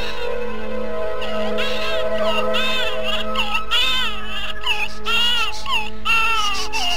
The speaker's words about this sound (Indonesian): Di pemondokan pengemis Ki Ageng Lindu, terdengar tangis bayi.